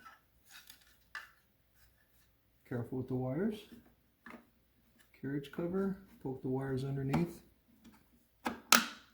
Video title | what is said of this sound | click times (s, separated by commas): SagaCNC.us Saga Precision series carriage maintenance replacement | Snaps in place like that. | 8.7 s